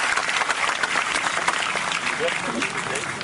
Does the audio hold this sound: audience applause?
yes